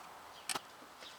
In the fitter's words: and there's the click